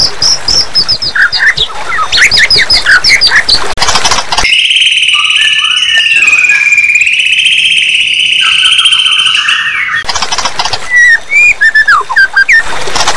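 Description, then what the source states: White-rumped shama song: quick varied whistled notes, then a long steady buzzy trill for about five seconds, followed by more sharp whistles and chirps. Murai batu (white-rumped shama) singing a song filled with cricket (jangkrik) and sparrow (gereja) imitations.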